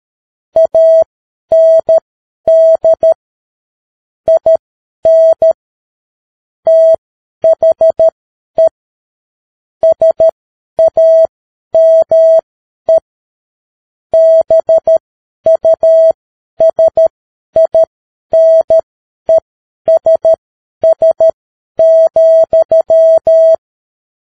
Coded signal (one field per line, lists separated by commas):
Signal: Morse code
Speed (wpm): 13 wpm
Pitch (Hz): 650 Hz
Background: none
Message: AND IN THE SAME BUSINESS,